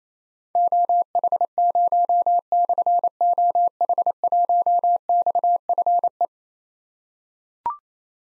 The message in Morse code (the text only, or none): OH0/OH1XFE